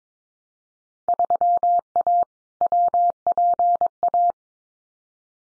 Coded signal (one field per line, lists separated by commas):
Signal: Morse code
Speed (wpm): 22 wpm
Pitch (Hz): 700 Hz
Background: none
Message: 3A WPA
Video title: Field Day Exchange 22wpm